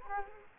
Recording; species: mosquito wingbeat signal from an infrared sensor; Culex quinquefasciatus